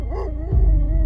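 A dog, the yellow dog Vàng, lets out a short, wavering howl that rises and dips in pitch, then a louder, deeper bark-like outburst rumbles in and holds. No one speaks.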